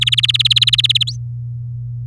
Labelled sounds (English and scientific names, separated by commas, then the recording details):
Domestic Canary (Serinus canaria) song
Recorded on 8 May 2018 at 07:47
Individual llb16